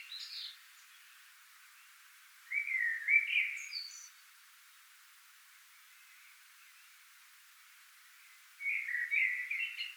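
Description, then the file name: Eurasian blue tit calls: short bursts of twittering, wavering chatter, repeated with quiet between. "Cyanistes caeruleus"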